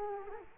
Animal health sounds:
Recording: mosquito wingbeat signal from an infrared sensor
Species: Culex quinquefasciatus

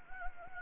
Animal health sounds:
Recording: mosquito wingbeat signal from an infrared sensor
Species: Anopheles gambiae

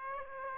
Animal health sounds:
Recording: mosquito wingbeat signal from an infrared sensor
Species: Aedes aegypti

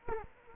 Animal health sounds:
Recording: mosquito wingbeat signal from an infrared sensor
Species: Culex quinquefasciatus

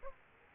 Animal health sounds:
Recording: mosquito wingbeat signal from an infrared sensor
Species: Aedes aegypti

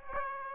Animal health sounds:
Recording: mosquito wingbeat signal from an infrared sensor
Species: Aedes aegypti

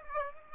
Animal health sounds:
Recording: mosquito wingbeat signal from an infrared sensor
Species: Aedes aegypti

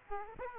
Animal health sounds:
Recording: mosquito wingbeat signal from an infrared sensor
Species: Aedes aegypti

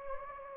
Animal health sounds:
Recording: mosquito wingbeat signal from an infrared sensor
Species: Anopheles gambiae

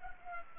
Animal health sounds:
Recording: mosquito wingbeat signal from an infrared sensor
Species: Culex pipiens

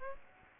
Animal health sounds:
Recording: mosquito wingbeat signal from an infrared sensor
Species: Aedes aegypti

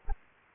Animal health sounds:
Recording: mosquito wingbeat signal from an infrared sensor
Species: Anopheles gambiae

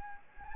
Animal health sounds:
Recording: mosquito wingbeat signal from an infrared sensor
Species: Anopheles gambiae

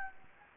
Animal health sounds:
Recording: mosquito wingbeat signal from an infrared sensor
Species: Anopheles gambiae

